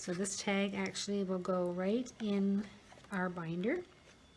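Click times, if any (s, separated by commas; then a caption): none. A punched paper tag with a frame on its front is handled as it is about to go into the metal rings of a ring binder journal, while someone talks throughout. Nothing has seated or clicked yet; the clip ends before the binder rings snap shut on the tag.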